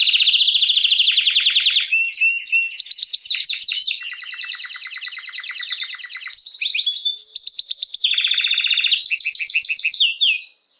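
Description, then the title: Canary singing steadily: rapid rolling trills and chattering tours, mostly high-pitched, with brief pauses before strong repeated rolls near the end. Belgian canary male named Raiden singing a lot; meant to warm up young birds. "Esquente Seu Filhote E Canario Belga Macho Cantando Muito. Canrio Belga RAIDEN Cantando Muito - Esquente seu Canrio Belga"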